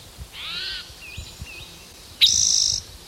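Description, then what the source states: Spotted Towhee song: a hoarse note and two short, slurred whistles, then a strong, dry buzzy trill near the end. Individual number 3; songs counted aloud, this one as song eight.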